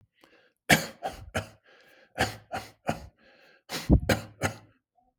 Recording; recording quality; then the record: shallow voluntary cough; excellent, no background noise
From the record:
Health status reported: exposed to COVID-19, no respiratory illness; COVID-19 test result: negative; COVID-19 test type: RT-PCR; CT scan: not taken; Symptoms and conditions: fatigue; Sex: male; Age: 43 years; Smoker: no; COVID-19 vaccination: both doses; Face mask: not worn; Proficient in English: yes